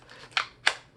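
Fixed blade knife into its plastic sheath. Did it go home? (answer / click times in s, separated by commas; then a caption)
yes / 0.4 s, 0.7 s. A Gerber Ultimate fixed blade knife is pushed into its molded plastic sheath, and there's a soft rustle before two sharp, bright snaps at 0.4 s and 0.7 s. The knife locks in place with a confident thump.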